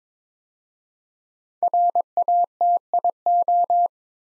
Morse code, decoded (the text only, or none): RATIO